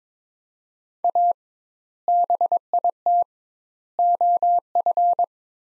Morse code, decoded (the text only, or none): A BIT OF